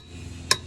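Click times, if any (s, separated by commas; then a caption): 0.5 s. A torque wrench set to 159 ft-lb is pulled a second time on the rear axle hub nut of a 2013-2018 Toyota RAV4 to confirm the setting. Over a quiet low background, a single sharp, bright click is heard at 0.5 s. The torque is confirmed.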